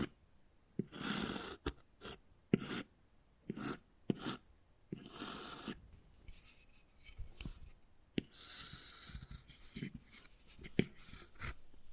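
Wood carving: rough, raspy scraping strokes come in bursts of about half a second to a second, with short quiet gaps between them. Sharp taps and clicks punctuate the strokes throughout, and a softer, hissy stretch of scratching fills the middle of the clip.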